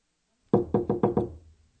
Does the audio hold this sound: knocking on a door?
yes